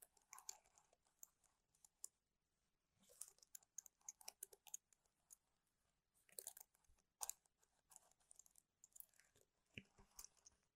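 Fingers tap and scratch on devices and boxes in quick, uneven bursts of crisp clicks and crunchy rustles. Clusters arrive near 0, 3–5, 6–7.5 and 9–10.5 seconds, separated by brief near-silent pauses. A faint low hum runs underneath.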